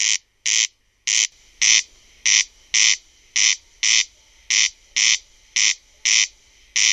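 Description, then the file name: Corn crake repeating loud, scratchy two-part rasps in a regular rhythm of about one pair per second, over a faint steady background hiss. "RUISRAAKKA"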